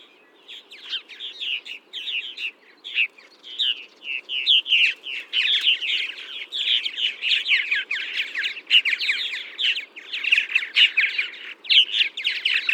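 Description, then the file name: Purple martin giving rapid, gurgling chirps and creaky twitters in a continuous babbling stream that builds and stays busy to the close. "Progne subis"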